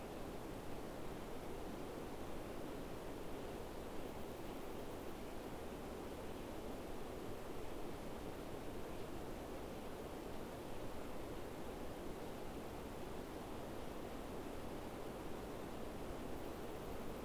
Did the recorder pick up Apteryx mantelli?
no